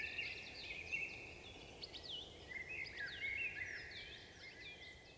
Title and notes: UN VENT DE TROGLODYTE. 27 mars 2020-Val Maravel - Nagra seven - stéréo - mkh8040 Un Troglodyte mignon (Troglodytes troglodytes) affirme par son chant vigoureux sa présence à tout concurrent potentiel